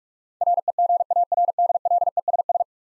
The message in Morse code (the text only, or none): REGARDLESS